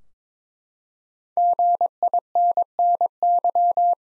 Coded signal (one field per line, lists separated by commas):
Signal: Morse code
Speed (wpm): 22 wpm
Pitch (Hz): 700 Hz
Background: none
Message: GINNY